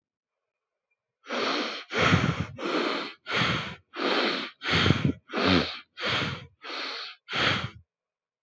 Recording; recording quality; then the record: shallow breathing; excellent, no background noise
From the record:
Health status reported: exposed to COVID-19, no respiratory illness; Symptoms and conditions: cold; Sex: male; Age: 22 years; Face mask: worn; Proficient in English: yes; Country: India